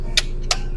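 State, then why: Seated. Plastic dash trim panel clips on a Suzuki Jimny are pushed into the dashboard after the panel is centered. Two sharp clicks ring out at 0.2 s and 0.5 s over a low background hum, and the clips snap home and lock in place.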